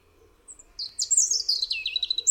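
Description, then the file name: European robin song, a high thin note followed by a tumbling, liquid warble of rapid varied trills and squeaky notes, with faint low background sounds. "RUDZIK"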